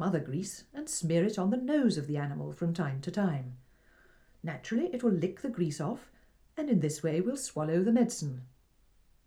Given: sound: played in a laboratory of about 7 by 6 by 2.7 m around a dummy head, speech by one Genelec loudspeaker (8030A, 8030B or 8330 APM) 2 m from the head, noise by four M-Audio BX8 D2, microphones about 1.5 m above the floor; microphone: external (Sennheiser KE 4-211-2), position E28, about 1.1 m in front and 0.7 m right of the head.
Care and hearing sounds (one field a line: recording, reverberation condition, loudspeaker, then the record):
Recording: female speech in English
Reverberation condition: low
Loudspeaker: in front (0 degrees)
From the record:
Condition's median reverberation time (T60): about 310 ms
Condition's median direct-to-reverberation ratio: about 3.5 dB